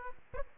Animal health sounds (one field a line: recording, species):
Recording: mosquito wingbeat signal from an infrared sensor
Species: Aedes aegypti